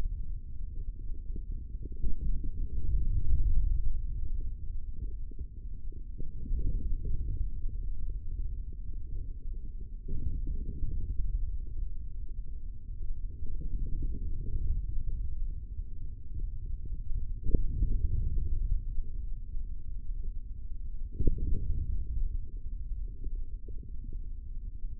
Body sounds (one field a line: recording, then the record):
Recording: forearm muscle sounds (acoustic myography)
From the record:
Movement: hand closing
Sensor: system 3, bracelet of six PUI Audio POM-2738L microphones around the upper forearm, with dedicated amplification and filtering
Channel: 6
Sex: male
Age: 25 years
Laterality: right